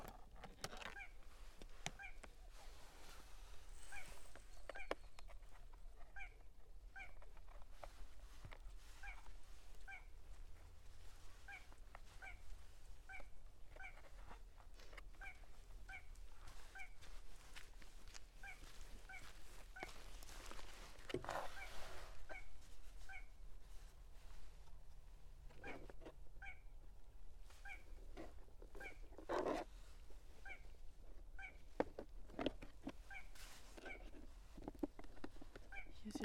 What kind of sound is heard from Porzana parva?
song